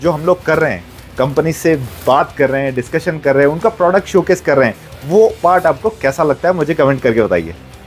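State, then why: Not seated. On a telescoping DJ speaker/light stand, the screw on the first section has been loosened and the section is being raised toward its height lock while someone talks over background music. Nothing has seated or clicked yet; the section lock has not engaged by the end of the clip.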